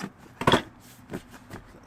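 A rear seat cushion in an Integra Type S is aligned with its floor bracket and pressed down, giving a sharp snap at 0.5 s as its clip seats into the bracket. Softer knocks follow at about 1.1 s and 1.6 s, and that side of the cushion is now locked in place.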